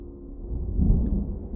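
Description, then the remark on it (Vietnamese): Thunder rumbles in a deep, steady roll that swells louder midway and then holds, a heavy low boom with no voices over it, as thunder and lightning break out and a fierce wind blows in from the sea. “Lúc này chợt sấm chớp nổi lên đùng đùng, gió từ biển tạt vào hết sức dữ dội”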